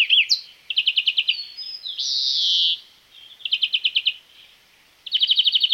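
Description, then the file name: European greenfinch delivering fast rattling trills broken by a drawn-out harsh wheeze, then more trills. "Chloris chloris"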